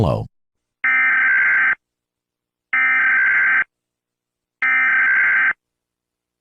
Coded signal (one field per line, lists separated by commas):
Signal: Emergency Alert System (SAME) tones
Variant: header bursts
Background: speech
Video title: EAS alarm for nuclear bomb